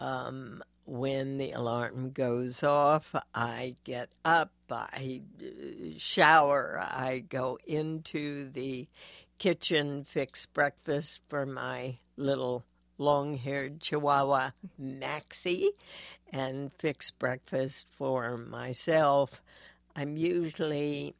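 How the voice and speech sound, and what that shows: A woman speaking with spasmodic dysphonia, a condition arising in the basal ganglia of the brain that sends an incorrect message telling the vocal cords to clamp down inappropriately, producing strained sounds from the throat. Treated every four to five months with botulinum toxin injected into the vocal cords, the last treatment in early September. She currently has a cold.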